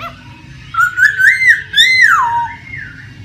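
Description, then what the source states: Laughingthrush song: a few rich slurred whistles that rise and fall, with a softer drawn-out whistled note trailing off, over a faint low hum. Laughingthrush singing in its wild, forest-style voice.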